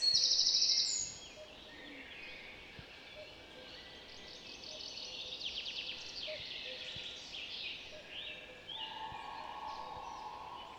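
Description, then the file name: Eurasian wren song, a rapid high chatter of notes over several seconds, with a short louder high trill at the start. "Troglodytes troglodytes"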